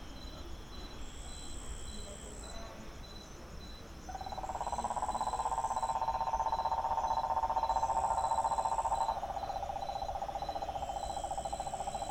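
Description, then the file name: Cicada song: a steady, droning buzz swells in and holds for about five seconds, over high pulsing insect tones that return every few seconds. Recorded in Bolombolo, Antioquia Suroccidental, Colombia. "Cicadas and frogs - Antioquia Suroccidental - Bolombolo"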